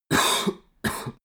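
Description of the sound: Two harsh, noisy cough bursts from an adult man, the first longer and trailing off, the second short after a brief pause, with no speech or background noise.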